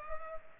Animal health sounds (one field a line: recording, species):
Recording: mosquito wingbeat signal from an infrared sensor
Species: Culex pipiens